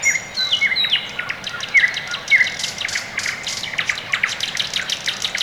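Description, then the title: Several birds singing, a few clear whistles at first, then dense twittering and ticking from other birds. Quiet early morning in the Orekhovo-Borisovo Severnoye district, Moscow, Russia; recorded with a Sony ECM-MS2 into a Marantz PMD-661, processed with iZotope RX2 equalisation and gain. "район Орехово-Борисово Северное, Москва, Россия - Morning birds"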